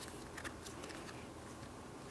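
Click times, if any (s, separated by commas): none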